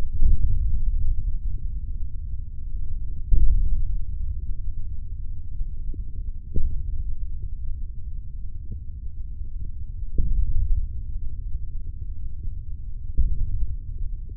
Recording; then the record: forearm muscle sounds (acoustic myography)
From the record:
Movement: hand opening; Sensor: system 3, bracelet of six PUI Audio POM-2738L microphones around the upper forearm, with dedicated amplification and filtering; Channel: 1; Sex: male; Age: 25 years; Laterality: right